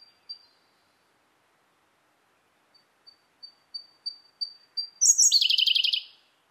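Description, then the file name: Siberian Blue Robin song: high thin notes accelerating and growing louder, then a sudden rich, rattling trill of about one second ending the phrase. Recorded 28 May 2010 at 18:17. "koruri-20100528-1817"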